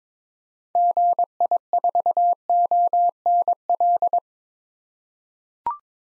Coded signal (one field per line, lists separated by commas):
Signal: Morse code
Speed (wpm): 22 wpm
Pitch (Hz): 700 Hz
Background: none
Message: GI4ONL